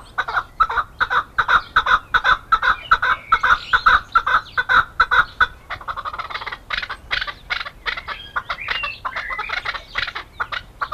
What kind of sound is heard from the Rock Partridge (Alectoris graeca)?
call